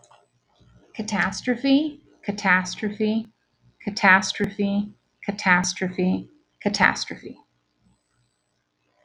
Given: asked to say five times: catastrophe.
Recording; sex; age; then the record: repeated word; female; 40 to 49 years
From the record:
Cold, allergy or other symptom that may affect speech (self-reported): no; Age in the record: 45 years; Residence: Florida, United States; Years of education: 17